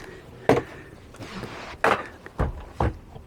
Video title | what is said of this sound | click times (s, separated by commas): Dreamer Family Van with a drop-down bed! | like so hear that click in it has got an extra bit of the button that you screw to tighten it in | 1.8 s